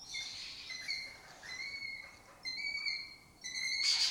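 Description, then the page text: Lesser kestrels giving drawn-out harmonic calls, several notes in a row, with a brief rough burst at the end. Colony of migratory lesser kestrels occupying an abandoned building or house complex in Doñana, in their southern European breeding area; they forage in West Africa. "Lesser Kestrels Took Over an Abandoned Building. A migratory raptor wich spends its foraging time in West Africa and breeds in southern Europe. Here in Doñana"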